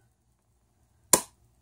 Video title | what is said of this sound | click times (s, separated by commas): Fostech Echo - cycle of operations shown in a jig. | there it clicks back in so | 1.1 s